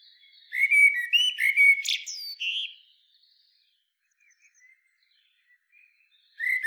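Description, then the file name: Common blackbird singing one full fluted warble with a scratchy high tail, then a long silence before the next phrase starts. "Turdus merula"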